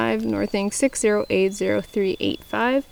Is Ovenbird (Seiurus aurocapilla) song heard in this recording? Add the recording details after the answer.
no. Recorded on 2 June 2016 at 09:58. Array SBT-3-7